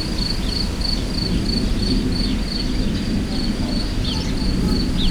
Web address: allathangok termeszetben tucsok professzionalis 2014 repulo esaszelhangjais hortobagy